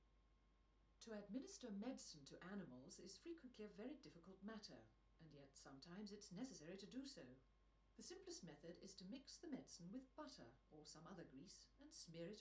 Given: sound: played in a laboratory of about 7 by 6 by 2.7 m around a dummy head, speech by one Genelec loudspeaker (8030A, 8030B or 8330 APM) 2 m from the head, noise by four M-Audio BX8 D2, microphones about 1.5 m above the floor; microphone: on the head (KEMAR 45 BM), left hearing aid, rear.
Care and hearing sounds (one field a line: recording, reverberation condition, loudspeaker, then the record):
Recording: female speech in English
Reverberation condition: low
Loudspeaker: 150 degrees to the right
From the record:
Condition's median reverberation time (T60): about 310 ms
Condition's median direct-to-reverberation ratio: about 3.5 dB